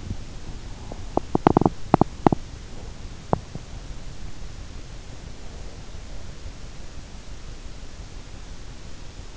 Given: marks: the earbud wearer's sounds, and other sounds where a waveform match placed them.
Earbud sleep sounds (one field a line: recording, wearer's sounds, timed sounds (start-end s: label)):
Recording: sounds in sleep by an in-ear microphone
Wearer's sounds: teeth grinding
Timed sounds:
0.97-3.77 s: teeth grinding